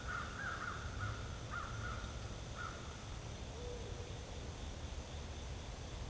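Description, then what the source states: Crow cawing several times in the first half, harsh and slightly irregular, while traffic drones steadily underneath. Crows calling amid traffic.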